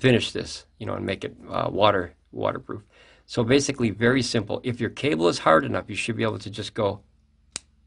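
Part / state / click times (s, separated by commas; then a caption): crimped contact pin into MC4 connector housing / seated / 7.6 s. Someone talks for most of the clip, then a crimped metal contact pin on a solar cable is shoved into a plastic MC4 connector housing. A single sharp click sounds at 7.6 s as the pin's barbs lock in, seating the pin in the housing.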